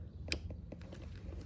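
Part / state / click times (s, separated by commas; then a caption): turn signal wiring plug into harness connector / seated / 0.3 s. A yellow plastic turn signal wiring plug is pushed into the blue harness connector of a 2024+ Honda CBR/CB 650R integrated taillight with tucked mount. It gives a sharp, bright click at 0.3 s as it seats, followed by a few faint ticks. Someone talks right after.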